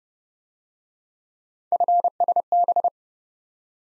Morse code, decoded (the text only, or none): FSB